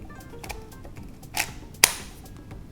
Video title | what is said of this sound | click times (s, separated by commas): Turbo Racing 1/76 Scale ~ C81 Micro RC Off Road Monster Car ~ Part 1 Unboxing | Snaps into place. Perfect. | 1.8 s